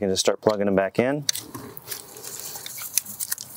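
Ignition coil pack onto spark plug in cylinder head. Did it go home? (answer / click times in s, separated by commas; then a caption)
no / none. Ignition coil packs are being handled over the spark plugs in the cylinder head of a 2014 to 2018 Volkswagen Jetta VI 1.8T (CPKA) after the new spark plugs are torqued. Someone talks, then quieter handling follows with a few sharp taps near the end. Nothing has seated or clicked yet.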